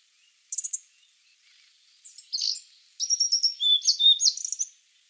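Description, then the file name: Asian brown flycatcher song: a brief high stuttered note, then after a pause a rapid jumble of thin squeaky notes and trills, densest over the last two seconds. "Muholovka shirokokljuvaja"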